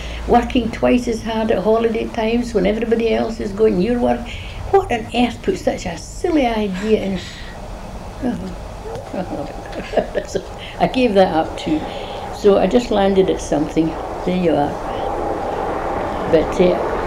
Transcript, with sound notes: Working twice as hard at holiday times, when everybody else is going, you're work-- What on earth put such a silly idea in?" [laughs] I gave that up too. So I just landed at something. There you are. But eh,